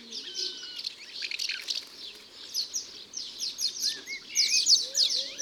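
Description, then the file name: Common house martin song, quick dry chirrups and buzzy notes building to a louder twittering burst at the end. "Hirondelle de fenetre ABC des chants doiseaux"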